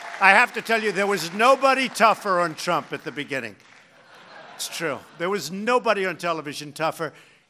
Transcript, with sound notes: I have to tell you, there was nobody tougher on Trump at the beginning. (Laughter.) It’s true. There was nobody on television tougher.